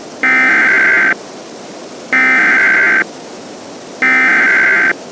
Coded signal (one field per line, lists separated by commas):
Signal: Emergency Alert System (SAME) tones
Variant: header bursts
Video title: The Spring Storm (EAS Scenario)